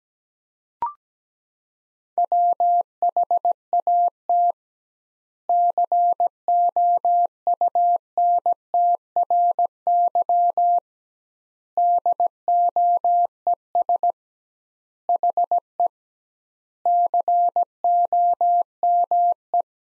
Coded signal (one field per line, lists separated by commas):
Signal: Morse code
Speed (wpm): 17 wpm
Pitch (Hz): 700 Hz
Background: none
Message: WHAT COUNTRY DOES HE COME